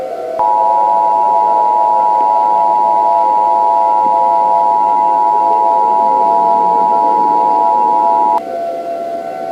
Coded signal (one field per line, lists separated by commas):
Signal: Emergency Alert System (SAME) tones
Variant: 853 and 960 Hz attention tone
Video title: EAS Gift - A Demon's Playdate